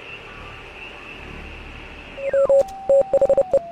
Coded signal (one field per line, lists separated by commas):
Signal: Morse code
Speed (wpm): 30 wpm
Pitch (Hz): 550 Hz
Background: radio noise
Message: M THE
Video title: Evil Space Radio? | Let's Play! - Oxenfree Episode 1